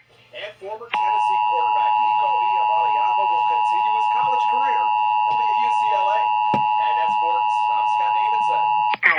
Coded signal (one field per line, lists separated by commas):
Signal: Emergency Alert System (SAME) tones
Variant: 853 and 960 Hz attention tone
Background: speech